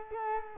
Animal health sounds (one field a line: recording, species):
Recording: mosquito wingbeat signal from an infrared sensor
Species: Culex quinquefasciatus